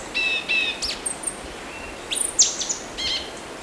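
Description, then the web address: Orange-bellied euphonia calls: two nasal, harmonic-rich notes, then sharp slurred notes and high twitters, ending with more nasal notes. Ecuador. "Natures Songs S America Birds of Ecuador. Orange-bellied Euphonia"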